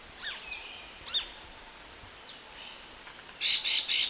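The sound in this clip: Chestnut-bellied nuthatch gives three loud, harsh high notes at the end, after faint thin whistles in the opening seconds.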